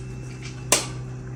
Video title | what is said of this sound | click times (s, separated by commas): ఈ stand very useful👍🫶🏻ఎలా అంటే sarees కి ఇంకా 👌🥳#shortsvideo#viralvideo#stand#useful#sarees | టిక్కు సౌండ్ వస్తుంది అంటే పట్టుకున్నది అంటుకున్నది ఉంటది | 0.7 s